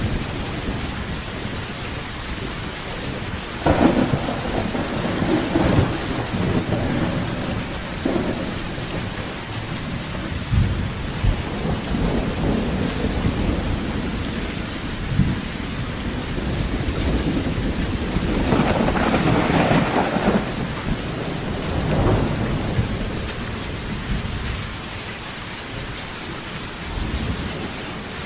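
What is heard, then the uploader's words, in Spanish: Rain falls steadily in a dense, even hiss, with thunder rumbling low beneath it throughout. Heavier cracks and rolls stand out near 4 seconds and around 19 to 20 seconds, with smaller rumbles scattered between. Lluvia Relajante Con Truenos.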